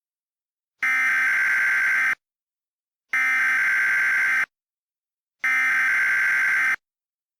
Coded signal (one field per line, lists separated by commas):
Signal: Emergency Alert System (SAME) tones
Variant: header bursts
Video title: EAS Mock 5: The England Broadcast